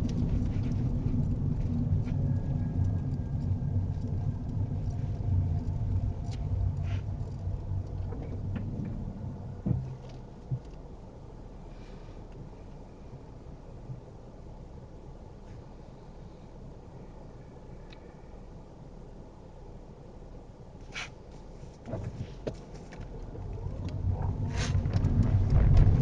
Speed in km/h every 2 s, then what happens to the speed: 15, 11, 6, 0, 0, 0, 0, 0, 0, 0, 3, 16, 23.
0-6 slows to 0. 6-19 standing. 19-26 pulls away to 23.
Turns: none.